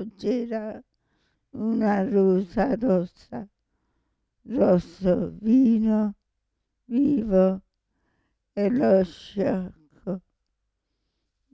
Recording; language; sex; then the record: read passage; Italian; female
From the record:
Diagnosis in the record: Parkinson's disease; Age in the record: 65 years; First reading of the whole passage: 242 s, 2.1 characters per second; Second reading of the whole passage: 180 s, 2.9 characters per second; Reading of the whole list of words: 168 s, 1.7 characters per second